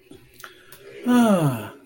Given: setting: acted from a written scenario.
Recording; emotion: vocal sound without words; adoration